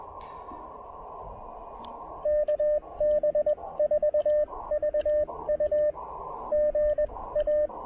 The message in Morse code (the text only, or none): KB4VU GA